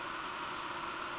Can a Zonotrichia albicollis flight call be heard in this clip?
no